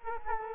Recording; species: mosquito wingbeat signal from an infrared sensor; Culex quinquefasciatus